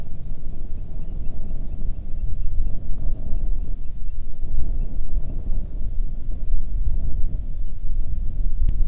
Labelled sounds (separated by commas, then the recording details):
songbird, wind, rain
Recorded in the Arctic National Wildlife Refuge, Alaska, on 1 June 2019 at 11:19
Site 37